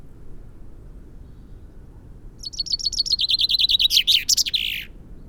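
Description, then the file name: Common chaffinch song starts after a quiet pause: a fast descending trill of repeated notes ending in a bold terminal flourish. "Fringilla coelebs"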